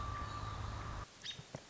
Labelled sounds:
American Robin
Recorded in Sonoma County, California

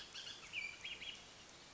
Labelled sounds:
Bullock's Oriole
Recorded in Sonoma County, California

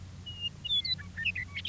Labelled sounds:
Western Meadowlark
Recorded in Sonoma County, California

